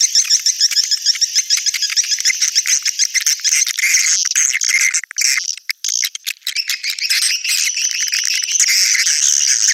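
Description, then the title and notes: Swiftlet chattering: dense, rapid high-pitched chirps and twitters running continuously, with brief broken gaps near the middle. Sound used in swiftlet farming in Asia. "Swiflet Bird Sound. Farming Swiflet Bird asia sound"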